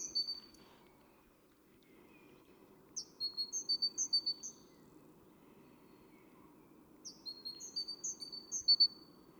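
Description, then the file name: Great tit giving two bouts of fast, high alternating notes about four seconds apart, after a brief fragment at the start. "Parus major"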